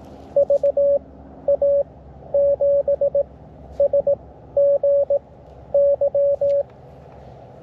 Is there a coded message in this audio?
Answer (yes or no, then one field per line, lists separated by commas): yes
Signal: Morse code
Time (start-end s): 0.4-6.6 s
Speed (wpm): 18 wpm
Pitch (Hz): 560 Hz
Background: radio noise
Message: VA7SGY